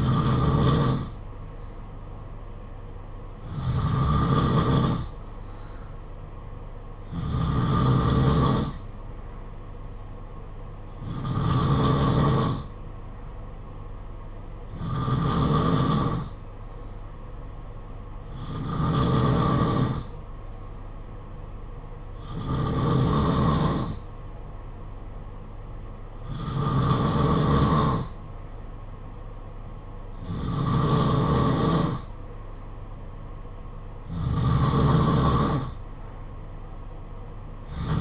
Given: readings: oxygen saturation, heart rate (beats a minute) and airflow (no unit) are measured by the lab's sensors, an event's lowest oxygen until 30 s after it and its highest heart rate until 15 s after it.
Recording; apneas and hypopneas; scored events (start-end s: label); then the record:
breathing in sleep by a smartphone at the bedside; none
none scored
From the record:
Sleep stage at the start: N2 (light sleep); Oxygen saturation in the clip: 91 to 92%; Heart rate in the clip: 52 to 58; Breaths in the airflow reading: 10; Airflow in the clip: -5.8 to 4.4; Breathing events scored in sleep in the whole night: 476 in 9.7 hours asleep